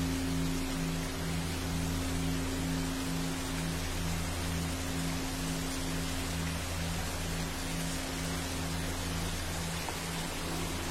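Rain falls in a dense forest, a thick, steady hiss that fills the whole clip without letting up. Underneath runs a low hum with a faint pulsing tone that beats quickly and regularly throughout, never changing pace.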